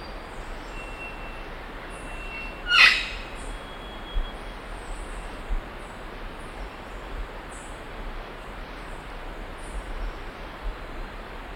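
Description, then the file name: Imperial amazon uttering one loud, raucous squawk with ringing overtones early on, followed by a few faint, short calls over constant background hiss. "imperial parrot"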